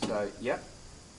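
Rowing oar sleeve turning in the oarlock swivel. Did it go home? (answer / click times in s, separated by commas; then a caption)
no / none. A rowing oar's sleeve turns in the oarlock swivel as the rower rolls the oar handle in the fingers, bringing the flat of the sleeve toward the oarlock gate. Someone talks throughout. The oar sleeve has not yet clicked into square in the oarlock, and nothing has seated by the end of the clip.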